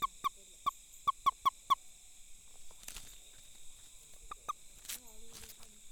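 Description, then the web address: Frog calls: short tonal notes repeated quickly in a run of seven, then two more after a pause, over a steady high hiss and scattered faint rustles. Recorded 2 November 2018, between 18:00 and 20:00. "frog rec 18-20 20181102"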